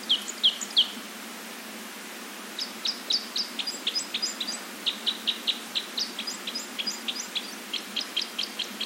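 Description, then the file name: Red crossbill giving a few loud kip notes, a pause, then a long run of quick, high chipping calls at an irregular pace. "isuka"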